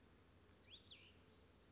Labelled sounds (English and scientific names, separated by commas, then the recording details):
Cassin's Vireo (Vireo cassinii)
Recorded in Sonoma County, California